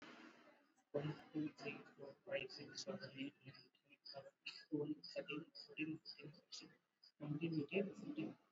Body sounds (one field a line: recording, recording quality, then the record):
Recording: counting at a normal pace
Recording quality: excellent, no background noise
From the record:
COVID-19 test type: RT-PCR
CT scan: not taken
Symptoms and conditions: cough, cold, fever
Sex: male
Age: 26 years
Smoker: no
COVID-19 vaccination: both doses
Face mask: worn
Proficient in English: yes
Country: India